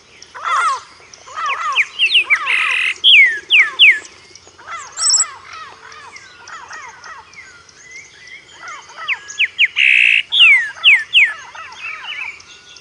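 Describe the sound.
Bird calls: loud repeated downslurred squawks and whistled notes in irregular bursts.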